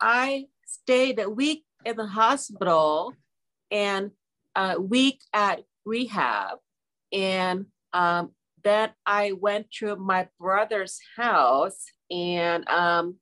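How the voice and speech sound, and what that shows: Slow, halting speech with long pauses, stretched sounds and fillers, fitting mild aphasia.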